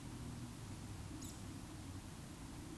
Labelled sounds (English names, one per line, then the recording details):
Eurasian Woodcock whistle
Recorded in Baden-Württemberg, Germany, on 19 June 2020 at 20:07 UTC
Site 44397, 226 m above sea level